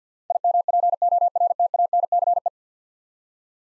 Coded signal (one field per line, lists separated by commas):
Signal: Morse code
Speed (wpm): 50 wpm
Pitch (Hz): 700 Hz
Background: none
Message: IMPORTANCE